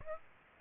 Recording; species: mosquito wingbeat signal from an infrared sensor; Aedes aegypti